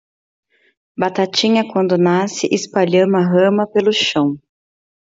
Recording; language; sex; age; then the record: short text; Brazilian Portuguese; female; 30 to 39 years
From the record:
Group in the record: control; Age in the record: 30 years